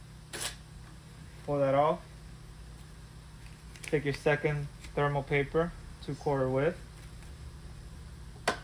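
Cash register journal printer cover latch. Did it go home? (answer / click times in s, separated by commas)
released / 8.5 s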